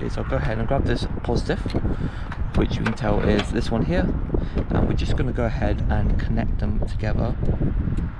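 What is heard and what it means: A solar panel's positive cable with an MC4 connector is handled next to an inline fuse holder's plastic MC4 connector during a Peugeot Boxer (L2H2) campervan solar power conversion. Someone talks throughout while the two connectors are brought together. Nothing has seated or clicked yet when the clip ends.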